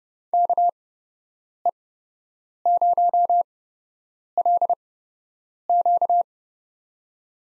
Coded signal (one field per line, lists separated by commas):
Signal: Morse code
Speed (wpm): 32 wpm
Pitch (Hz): 700 Hz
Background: none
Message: KE0LQ